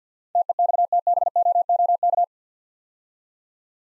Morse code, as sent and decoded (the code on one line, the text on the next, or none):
- . -..- - -... --- --- -.-
TEXTBOOK